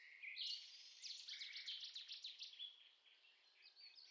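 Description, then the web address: Bird song as a continuous, quiet warble of quick, slurred high notes in rapid runs, fading slightly toward the end over steady background noise. "Bird Only"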